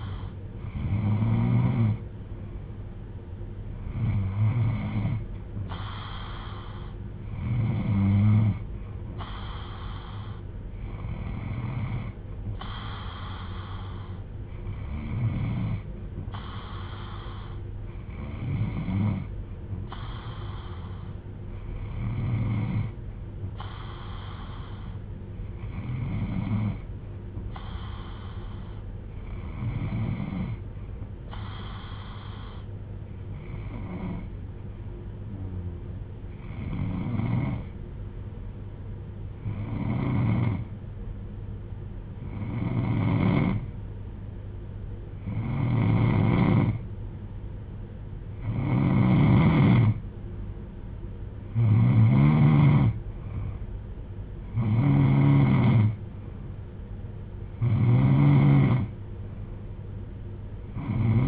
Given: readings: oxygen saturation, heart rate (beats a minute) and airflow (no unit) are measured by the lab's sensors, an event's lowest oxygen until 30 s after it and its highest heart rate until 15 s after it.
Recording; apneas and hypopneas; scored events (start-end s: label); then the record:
breathing in sleep by a smartphone at the bedside; 1
26.00-61.28 s: new sleep stage, N3 (deep sleep)
35.00-51.00 s: hypopnea (N3, oxygen 94% highest, then 89% lowest, heart rate 64 at the start, 69 highest)
From the record:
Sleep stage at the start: N2 (light sleep); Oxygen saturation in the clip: 90 to 94%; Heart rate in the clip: 61 to 69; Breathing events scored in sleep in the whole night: 310 in 8.1 hours asleep